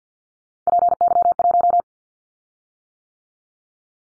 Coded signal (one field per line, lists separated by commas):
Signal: Morse code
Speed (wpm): 50 wpm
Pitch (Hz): 700 Hz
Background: none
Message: PY1